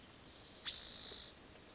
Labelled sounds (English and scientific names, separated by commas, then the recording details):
Spotted Towhee (Pipilo maculatus)
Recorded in Sonoma County, California